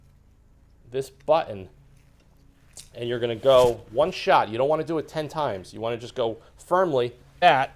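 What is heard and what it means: A red pop-top activator button is handled at the pin on the bottom of a 2K clearcoat aerosol can, ready to be pushed firmly in one shot to release the hardener. Someone talks throughout, with a brief sharp sound near 2.8 s. Nothing has popped or seated yet.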